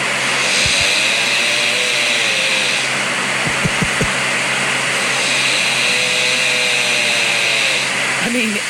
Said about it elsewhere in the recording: This is 2:32 a.m. That's really me snoring? Maybe just because I'm a little stuffed up still. This was like intense. What that sounds like is you're recording someone like it's summertime and they're trimming their hedges out in the yard.